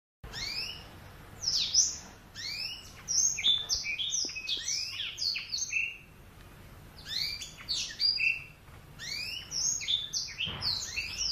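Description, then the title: Oriental magpie-robin singing a busy, continuous run of sweet whistles and quick sliding notes, pausing briefly midway before resuming. "Kicau Kacer"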